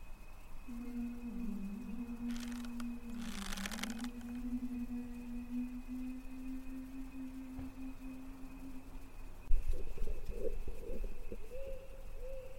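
A ghostly female voice holds a long, low, wavering moan for most of the first nine seconds, dipping in pitch a few times, while a faint thin whine hangs steadily above it. Brief hissing rushes pass around two to four seconds. A thump near 9.5 seconds gives way to higher, shakier cries until the end.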